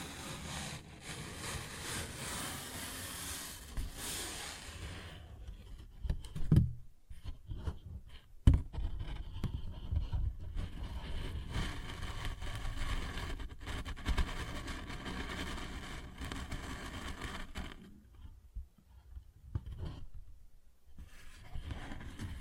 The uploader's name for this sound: Paper Bag Tapping and Scratching Sounds